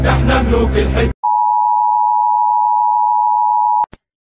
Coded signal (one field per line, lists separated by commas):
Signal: Emergency Alert System (SAME) tones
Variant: 853 and 960 Hz attention tone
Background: speech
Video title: Egypt EAS Scenario (MOCK)